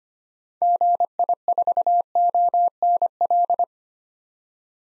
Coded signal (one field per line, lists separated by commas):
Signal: Morse code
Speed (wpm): 25 wpm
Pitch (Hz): 700 Hz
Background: none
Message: GI4ONL